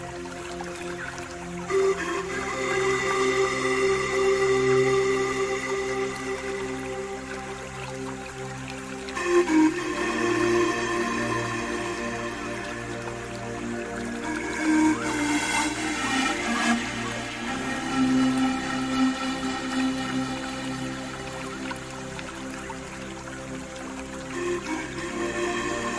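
Pan flute melodies play over a soft bed of running water throughout the 26 seconds. Long, breathy held notes change slowly, with new phrases entering around 2, 9 and 15 seconds, while low sustained tones hum underneath and the water trickles steadily.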